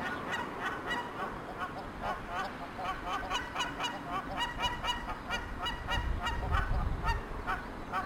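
Paradise shelduck giving a fast run of nasal, honking calls, several notes per second, with low rumbling noise swelling near the end.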